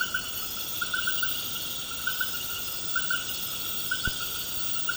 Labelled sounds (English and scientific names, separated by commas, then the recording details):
none
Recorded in pastures near Puerto Asís, Putumayo, Colombia, on 24 March 2025 at 20:30
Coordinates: 0.472, -76.329
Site G074